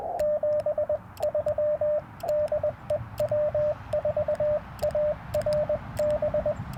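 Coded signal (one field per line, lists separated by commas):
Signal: Morse code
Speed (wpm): 20 wpm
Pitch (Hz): 600 Hz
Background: radio noise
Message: 73 DE W4ARB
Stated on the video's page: CW Parks on the Air activation at 50 watts from a Yaesu FT-891, sent with Bamatech paddles into a ground-mounted Yaesu ATAS-120A antenna with eight radials.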